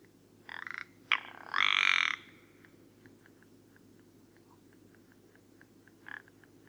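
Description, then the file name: Rock ptarmigan calling with a few short rasping notes and a longer grating rattle, followed by faint soft clicking notes and one brief croak near the end. Recorded at Karwendelspitze on 6 July 2014. "Alpenschneehuhn. Karwendelspitze. Michle Pron"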